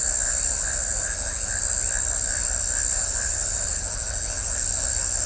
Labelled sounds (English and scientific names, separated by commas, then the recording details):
none
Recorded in shrubland near Pivijay, Magdalena, Colombia, on 2 June 2023 at 20:30
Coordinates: 10.453, -74.365
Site P5-G022